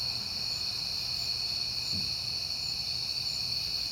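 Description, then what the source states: Crickets sustain a high, steady trilling chorus; a brief soft low thump sounds about halfway through. Crickets at night in September, on a peaceful night.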